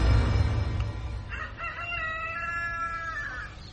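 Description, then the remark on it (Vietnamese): A rooster behind a house flaps its wings and crows once, a long harmonic cock-a-doodle-doo rising and then holding a steady high pitch before trailing off, over a low rumbling background with no talking. “Khi bầy rối ré lên tiếng cười trong đêm, cũng là lúc tiếng gà trống đập cánh gáy vang sau nhà.”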